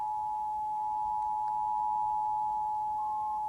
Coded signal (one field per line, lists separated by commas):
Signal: Emergency Alert System (SAME) tones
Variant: 853 and 960 Hz attention tone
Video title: EAS Capture #44-50 - Monthlies, monthlies, and more monthlies.